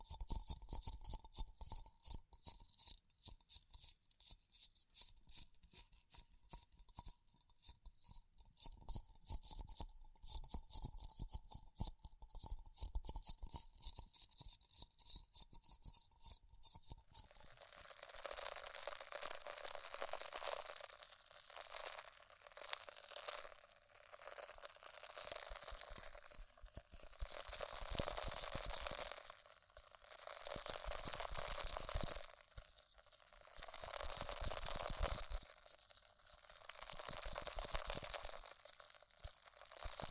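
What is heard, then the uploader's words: An ASMR ear exploration. For the first seventeen seconds there is a crackly, scratchy texture with a steady high whine running under it. Then it switches to bright, hissy brushing and crinkling in uneven bursts that swell and fade until the end. ASMR Extremely Tingly Ear Exploration (No Talking).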